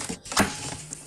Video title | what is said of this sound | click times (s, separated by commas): Tchibo Cafissimo Pure | do tego pojemnika i po prostu wystarczy w tą wnękę go wsunąć co też czy nie będzie słyszalny taki klik o | 0.9 s